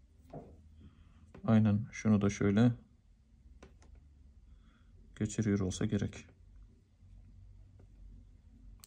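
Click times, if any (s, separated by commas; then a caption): 8.8 s. A sport band end is slid into the band slot of an Apple Watch Series 8 (45 mm) case while someone talks, with a few faint ticks in between. A sharp click at 8.8 s marks the band seating in the slot, though it was put on the wrong way round.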